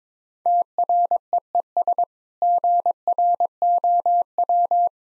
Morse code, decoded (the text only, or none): TREES GROW